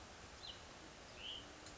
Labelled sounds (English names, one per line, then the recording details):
Hutton's Vireo
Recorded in Sonoma County, California